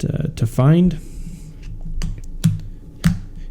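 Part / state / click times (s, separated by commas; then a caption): silicone phone case onto a smartphone / seated / 2.0 s, 2.4 s, 3.1 s. A soft, light purple WeyColor silicone case with a felt lining is pressed around the edges onto a Google Pixel 5 smartphone while someone talks. Sharp, short snaps are heard at about 2.0, 2.4 and 3.1 seconds as the case edges seat, and the case snaps into place on the phone.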